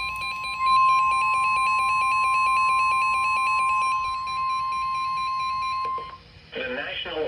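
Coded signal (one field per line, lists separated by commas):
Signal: Emergency Alert System (SAME) tones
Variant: 1050 Hz attention tone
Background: speech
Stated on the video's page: Compilation of severe thunderstorm warning EAS alerts.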